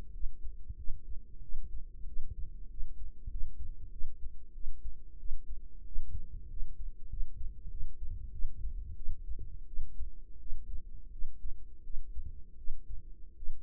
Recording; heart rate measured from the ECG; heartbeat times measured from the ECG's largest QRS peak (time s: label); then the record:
heart sounds by microphone in the right ear; 91 bpm
0.12 s: heartbeat
0.76 s: heartbeat
1.41 s: heartbeat
2.06 s: heartbeat
2.69 s: heartbeat
3.30 s: heartbeat
3.91 s: heartbeat
4.53 s: heartbeat
5.18 s: heartbeat
5.85 s: heartbeat
6.48 s: heartbeat
7.09 s: heartbeat
7.69 s: heartbeat
8.31 s: heartbeat
8.95 s: heartbeat
9.66 s: heartbeat
10.39 s: heartbeat
11.10 s: heartbeat
11.83 s: heartbeat
12.56 s: heartbeat
13.35 s: heartbeat
From the record:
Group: healthy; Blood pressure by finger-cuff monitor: 107/65 mmHg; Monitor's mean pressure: 78 mmHg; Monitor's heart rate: 94 bpm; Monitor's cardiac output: 7.8 L/min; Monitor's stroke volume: 83 mL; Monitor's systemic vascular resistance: 720 dyn s/cm5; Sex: female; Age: 22 years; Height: 157 cm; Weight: 47.6 kg